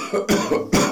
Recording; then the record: coughing mixed with background sound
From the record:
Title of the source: Spring Cold Coughing 3